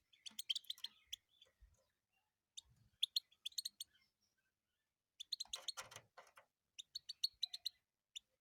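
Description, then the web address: European goldfinch song in clusters of quick, high, tinkling and buzzy notes, with short gaps between phrases and faint low knocks. "penie schegla"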